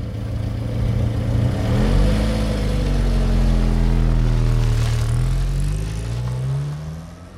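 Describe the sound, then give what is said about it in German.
A passenger car's engine starts as the driver jumps in, then roars and revs, its droning pitch climbing and shifting through gear changes as it speeds off, staying loud throughout before easing slightly at the end. “Er sieht noch, wie der zweite Mann, der Fahrer, zurückkommt, in den Wagen springt, startet und davonbraust.”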